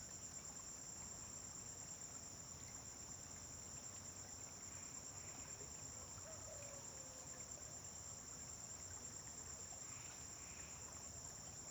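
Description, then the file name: Cricket chorus, an unbroken shrill buzz throughout, with a faint short whistle in the middle and a soft low hum beneath. Dawn on a farm, crickets with vehicles passing on a distant road. "Amanhecer na fazenda com grilos veiculos passando em estrada longe"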